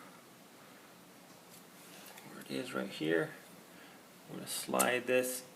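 A plastic slider clip is handled as it is about to be slid onto the window regulator rail of a 1999–2005 Pontiac Grand Am during a window regulator repair. Someone talks over faint handling rustle. Nothing has seated or clicked yet; the clip ends before the slider goes home.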